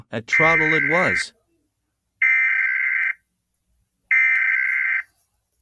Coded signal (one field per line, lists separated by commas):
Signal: Emergency Alert System (SAME) tones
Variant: header bursts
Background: speech